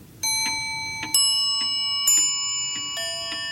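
A clock strikes eight in the morning, chiming with bright, ringing strikes about a second apart, each tone lingering and overlapping the next, with soft mechanical ticks between them and no talking.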